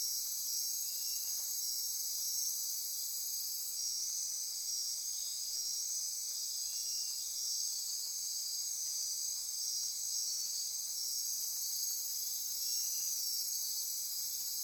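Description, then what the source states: Insect chorus, a dense continuous high-pitched ringing and shimmering trill made of many overlapping callers, steady throughout. Insect chorus recorded at midnight near Corcovado.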